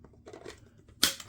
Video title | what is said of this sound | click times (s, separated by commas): MUST have Dyson Accessory Prevent a Dryer Fire | right no problem fits right in there locks in place | 1.0 s